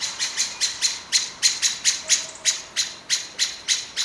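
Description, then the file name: Common blackbird giving a rapid series of sharp, high, metallic clicking notes. "Turdus merula"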